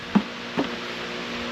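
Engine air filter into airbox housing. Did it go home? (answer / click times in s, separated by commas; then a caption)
yes / 0.1 s. A new engine air filter for a 2006-2011 Impala (9th gen) 3500 or 3900 V6 is pressed into the plastic airbox housing once the small tabs are moved out of the way. A sharp knock-like snap at 0.2 s seats it, followed by a softer second hit near 0.6 s, over a steady low background hum.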